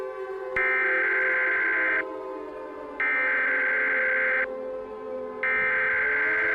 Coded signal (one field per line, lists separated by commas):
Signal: Emergency Alert System (SAME) tones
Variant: header bursts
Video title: EAS Scenarios:The Birds